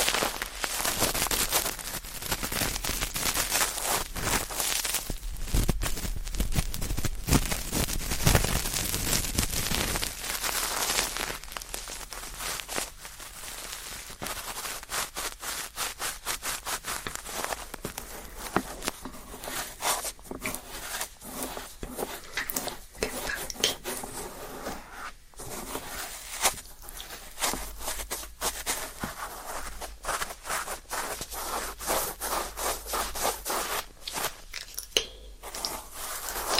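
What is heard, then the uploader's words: Ear cleaning: dense, rapid crackling and rustling scrapes fill the whole clip. For the first ten seconds they are loud and bright. After that they settle into softer, patchier scratching with frequent brief pauses and sharper clicks, continuing steadily to the end. ASMR 자극주의 따끔따끔 3dio 귀청소 | ear cleaning.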